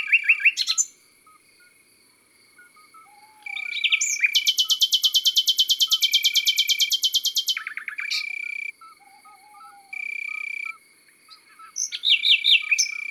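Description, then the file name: Common nightingale song with a long, loud rattling trill, brief whistled notes and buzzy pulsed phrases; a faint low whistle and a steady high hum run underneath. Song recorded in the countryside. "Rossignol philomele Chants doiseaux dans la campagne"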